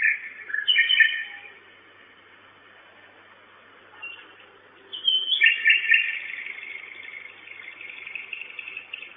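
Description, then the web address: Common nightingale singing rich phrases of whistles and rapid churring notes, a burst at the start, a pause, then a longer varied phrase after five seconds. At 23:16 on 10 May 2009, at a nest box. "nistkasten 20090510 2316 nachtigall"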